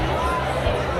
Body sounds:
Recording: background sound without coughing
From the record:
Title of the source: CITY SOUNDS Busy Bar in the Evening Night - 2 HOURS of Ambiance for Relaxation

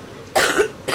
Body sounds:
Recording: coughing mixed with background sound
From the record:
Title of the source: 34 coughing up crap again

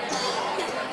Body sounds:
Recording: coughing mixed with background sound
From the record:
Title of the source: Dry Coughing Fit in the Afternoon.

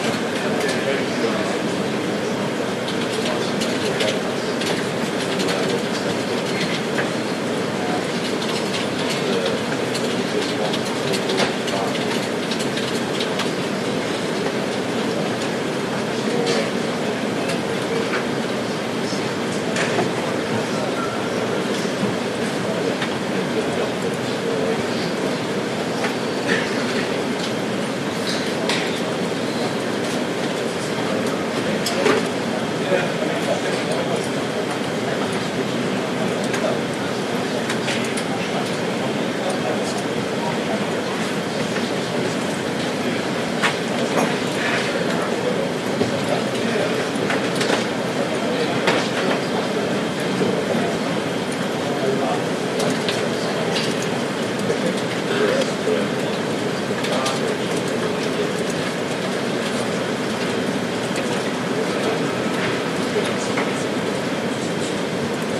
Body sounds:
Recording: background sound without coughing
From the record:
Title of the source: Office Sounds Ambience - Background Noise for Study and Work

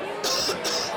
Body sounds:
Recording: coughing mixed with background sound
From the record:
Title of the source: November cold (wet coughing)

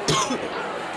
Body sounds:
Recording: coughing mixed with background sound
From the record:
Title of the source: Wet coughing

